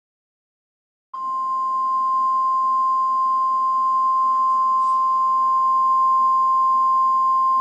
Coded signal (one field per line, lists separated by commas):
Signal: Emergency Alert System (SAME) tones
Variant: 1050 Hz attention tone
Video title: EAS Scenario: Second Pacific War